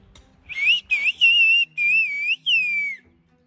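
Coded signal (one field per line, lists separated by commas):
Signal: whistled language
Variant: Turkish Kuş dili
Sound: loud gliding whistle in five phrases, pitch rising and falling around 2.5-3 kHz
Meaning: Welcome to our village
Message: Hoş geldiniz köyümüze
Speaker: Hoş geldiniz köyümüze dedim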